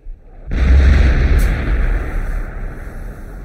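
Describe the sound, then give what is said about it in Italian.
A single heavy artillery blast erupts after a brief silence, its deep, booming low end rolling on into a long, grumbling rumble that slowly fades. No voices are heard. “Spari!”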